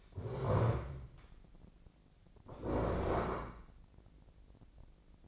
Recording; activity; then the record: daily activity, microphone in the room; stand up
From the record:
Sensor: 5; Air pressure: 1012.4 hPa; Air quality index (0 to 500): 148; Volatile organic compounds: 2 ppm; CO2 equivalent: 1021 ppm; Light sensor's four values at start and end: 276/661/282/312 and 274/657/280/310